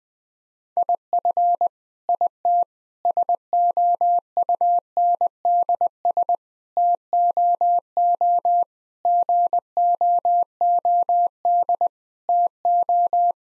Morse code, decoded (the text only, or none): IF IT SOUNDS TOO GOOD TO